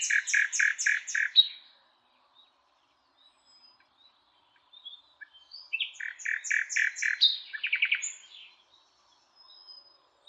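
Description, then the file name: Common nightingale song: a fast burst of repeated rich notes, a pause, then varied whistles and rattling phrases in a second strophe. "Luscinia megarhynchos"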